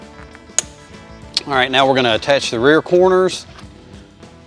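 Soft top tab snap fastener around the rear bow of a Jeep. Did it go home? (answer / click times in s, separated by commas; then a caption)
yes / 0.6 s. A fabric tab on a Jeep Wrangler TJ soft top is wrapped around the rear bow and its press-stud snap fastener is pushed closed, giving a sharp, loud snap at 0.6 s. Someone then talks, and the snap is seated.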